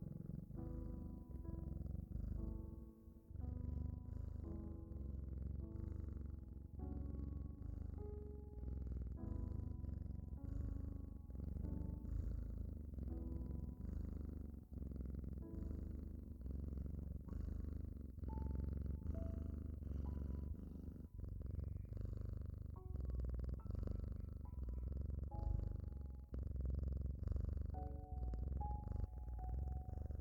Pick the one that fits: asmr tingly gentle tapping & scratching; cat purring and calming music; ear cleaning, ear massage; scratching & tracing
cat purring and calming music